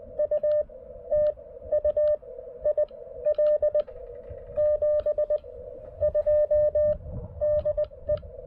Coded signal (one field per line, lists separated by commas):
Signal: Morse code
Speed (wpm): 20 wpm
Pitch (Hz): 590 Hz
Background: none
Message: U TU IL 72 DE